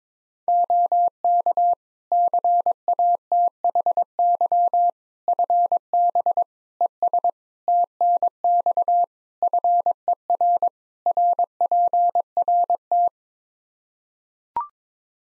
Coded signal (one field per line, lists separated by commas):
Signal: Morse code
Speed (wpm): 22 wpm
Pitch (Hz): 700 Hz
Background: none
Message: OK CATHY FB ES TNX FER RPRT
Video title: Practice QSO - Complete One-Sided - 22wpm